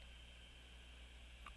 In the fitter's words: Come on. Oh, it's a nice click.